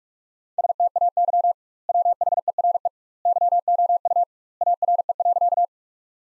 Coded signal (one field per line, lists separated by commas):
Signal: Morse code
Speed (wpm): 41 wpm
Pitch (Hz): 700 Hz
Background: none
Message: STAY WHERE YOU ARE.